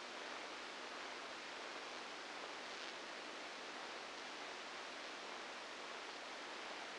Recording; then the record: brain microelectrode recording played as sound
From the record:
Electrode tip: outside the subthalamic nucleus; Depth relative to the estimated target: 0 mm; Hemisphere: left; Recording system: NeuroSet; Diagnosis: Parkinson's disease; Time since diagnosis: 9 years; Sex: female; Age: 51 years